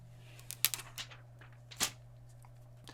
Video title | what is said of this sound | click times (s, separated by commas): iPhone 15 Pro Max Waterproof Case by Humixx - Submersion Test | just work your way all the way around the back and it'll eventually snap into place | 0.6 s